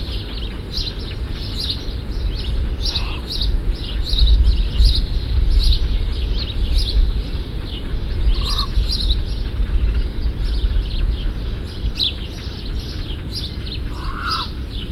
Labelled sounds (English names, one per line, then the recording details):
Great Cormorant call
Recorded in the wild
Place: Niederhof, Insel Rügen, Mecklenburg-Vorpommern, DE
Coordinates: 54.258, 13.196
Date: 1970-06-05
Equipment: Nagra III BH, Sennheiser MD 21, parabola
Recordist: Schubert, Michael